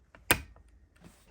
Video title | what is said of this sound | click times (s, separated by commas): (ma come hanno montato questo filtro)🤦🏻 SOSTITUZIONE FILTRO CLIMATIZZATORE RENAULT CLIO 3 #bosch | mi basterà premerla sentirete un clac ed | 0.3 s